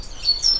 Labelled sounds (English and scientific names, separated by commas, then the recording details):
Stitchbird (Notiomystis cincta) song
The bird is a male
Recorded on Tiritiri Matangi Island, New Zealand, in 2005
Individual 10, of nest box 12